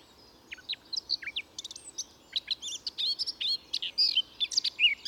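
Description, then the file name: Eurasian blackcap song, a rapid scratchy warble of short chirps and twittering notes that grows fuller toward the end, with faint steady background hiss. "Sylvia atricapilla"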